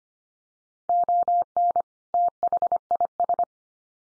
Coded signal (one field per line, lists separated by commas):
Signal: Morse code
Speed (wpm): 25 wpm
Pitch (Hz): 700 Hz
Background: none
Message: ON THIS